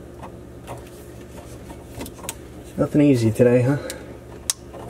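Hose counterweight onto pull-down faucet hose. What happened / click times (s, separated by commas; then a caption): The clip-on weight snapped onto the hose / 4.5 s. A clip-on counterweight is pressed onto the pull-down supply hose of a Moen MotionSense faucet (87014EWSRS) over the yellow mark, with no screws. After faint handling noises, an awkward attempt and someone talking, one sharp snap at 4.5 s seats the weight on the hose.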